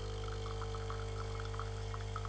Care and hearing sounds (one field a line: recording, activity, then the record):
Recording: daily activity, microphone in the room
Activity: make coffee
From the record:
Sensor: 4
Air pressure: 1015.5 hPa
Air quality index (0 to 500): 191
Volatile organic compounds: 9 ppm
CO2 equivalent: 2133 ppm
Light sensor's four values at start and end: 5/10/4/3 and 5/10/4/3